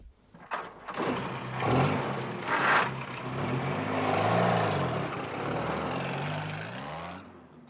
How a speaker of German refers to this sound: Unmittelbar vor einer scharfen Linkskurve brachte Tenente Nieda den Jeep zum Stehen und stellte den Motor ab.